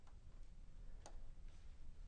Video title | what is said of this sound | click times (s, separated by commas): 49. Part 2: Connecting the CCNA Lab | Snap. There we go. | 1.1 s